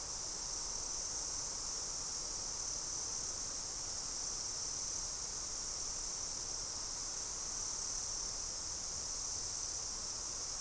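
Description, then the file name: Insects in a steady, unbroken high-pitched shimmering chorus that holds even throughout. "mainly insect"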